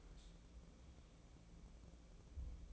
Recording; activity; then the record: daily activity, microphone in the room; open dishwasher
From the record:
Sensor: 1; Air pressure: 1012.4 hPa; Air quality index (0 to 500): 171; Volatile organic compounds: 3 ppm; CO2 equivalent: 1394 ppm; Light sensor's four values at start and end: 369/825/372/407 and 366/818/369/403